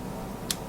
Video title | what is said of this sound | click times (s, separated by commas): New and Improved Paper Dual Extended Hidden Blade Update 1 | keeps going until it goes past this lock like | 0.5 s